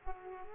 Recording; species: mosquito wingbeat signal from an infrared sensor; Aedes aegypti